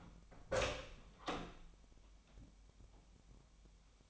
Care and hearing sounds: daily activity, microphone in the room; open door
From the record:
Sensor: 1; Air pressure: 1007.2 hPa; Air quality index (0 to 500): 201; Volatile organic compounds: 21 ppm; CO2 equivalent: 2719 ppm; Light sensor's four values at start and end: 13/32/13/14 and 13/33/13/15

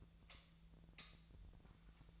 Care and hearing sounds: daily activity, microphone in the room; light off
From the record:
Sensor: 3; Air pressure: 1009.7 hPa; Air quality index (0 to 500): 191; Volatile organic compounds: 15 ppm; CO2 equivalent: 2481 ppm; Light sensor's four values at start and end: 44/117/49/50 and 38/94/40/43

